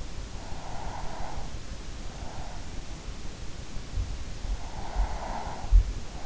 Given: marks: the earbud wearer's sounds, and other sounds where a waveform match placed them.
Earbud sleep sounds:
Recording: sounds in sleep by an in-ear microphone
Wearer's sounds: breath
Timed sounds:
0.24-2.02 s: breath
4.53-5.90 s: breath

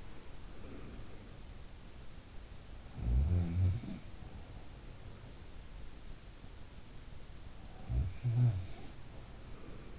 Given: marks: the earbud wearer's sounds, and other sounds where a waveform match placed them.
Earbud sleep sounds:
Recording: sounds in sleep by an in-ear microphone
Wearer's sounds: breath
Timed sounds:
0.00-1.37 s: breath
2.93-5.48 s: sound from someone else or the room
7.79-9.99 s: sound from someone else or the room

